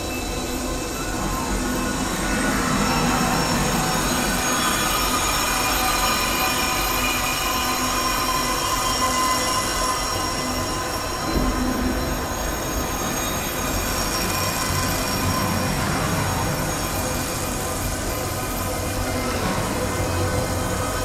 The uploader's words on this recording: Made from around 20 seconds of a contact microphone recording of chinese metal Baoding balls, heavily processed and repeated, remixed in Reaper.